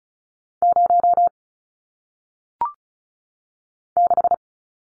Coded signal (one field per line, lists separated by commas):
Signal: Morse code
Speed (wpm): 36 wpm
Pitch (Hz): 700 Hz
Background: none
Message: 0 6